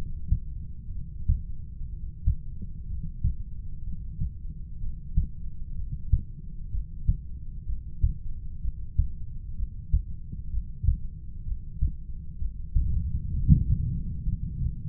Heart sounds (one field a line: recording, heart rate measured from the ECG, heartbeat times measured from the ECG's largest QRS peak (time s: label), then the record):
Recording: heart sounds by stethoscope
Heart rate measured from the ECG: 63 bpm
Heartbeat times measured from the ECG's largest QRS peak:
0.90 s: heartbeat
1.88 s: heartbeat
2.86 s: heartbeat
3.82 s: heartbeat
4.79 s: heartbeat
5.74 s: heartbeat
6.70 s: heartbeat
7.65 s: heartbeat
8.60 s: heartbeat
9.55 s: heartbeat
10.50 s: heartbeat
11.44 s: heartbeat
12.37 s: heartbeat
13.31 s: heartbeat
14.23 s: heartbeat
From the record:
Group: heart failure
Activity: breath hold 0-13 s, rest 13-15 s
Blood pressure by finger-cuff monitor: 122/91 mmHg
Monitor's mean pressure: 100 mmHg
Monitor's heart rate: 63 bpm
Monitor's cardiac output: 5.7 L/min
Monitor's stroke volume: 91 mL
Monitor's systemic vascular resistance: 1270 dyn s/cm5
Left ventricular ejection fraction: 25%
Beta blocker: metoprolol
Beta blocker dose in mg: 62.5 twice daily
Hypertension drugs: ramipril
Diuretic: furosemide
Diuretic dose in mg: 40 twice daily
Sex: male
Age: 57 years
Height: 180 cm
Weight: 90.5 kg